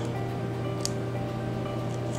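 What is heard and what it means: A clear plastic window part for a Tamiya 1/24 Nissan Fairlady Z 240ZG plastic model car is handled at its opening in the painted plastic body, over steady background music with a brief sharp tick at 0.9 s. The window has not seated or clicked into the body yet.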